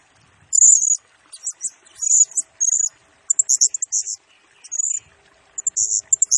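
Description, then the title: Blue-crowned hanging parrot song: sharp high-pitched squeaks and buzzy chattering phrases, some notes rapidly repeated, separated by brief pauses. Lure and tutoring recording of a serindit singing actively (gacor, nembak style), intended to excite other birds and train them. "Burung Serindit Nembak Gacor Bikin Emosi Semua Burung"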